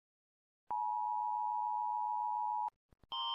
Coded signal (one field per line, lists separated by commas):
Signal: Emergency Alert System (SAME) tones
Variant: 853 and 960 Hz attention tone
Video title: Rating scary EAS alarms